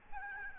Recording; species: mosquito wingbeat signal from an infrared sensor; Aedes albopictus